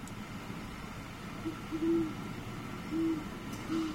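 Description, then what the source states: Great horned owl hoots: deep, soft low notes in an uneven series of four, short and longer hoots mixed, over steady background hiss. Adult; real deep hoots; owl found in urban areas with big trees.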